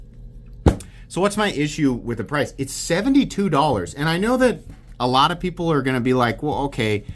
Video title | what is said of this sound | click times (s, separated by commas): Vosteed Talarurus Folding Knife - Full Review | event horizon does that make sense what I'm saying that lock bar pushing on it it does SNAP into place pretty well | 0.7 s